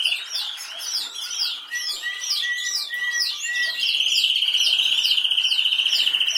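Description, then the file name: Canary singing, a series of short whistled notes followed by a loud, fast, even trill that runs to the end, amid busy chirping. "Canary Voice"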